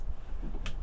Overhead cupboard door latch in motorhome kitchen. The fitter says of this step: push it back in and it clicks back in no need to force anything everything's quite lightweight so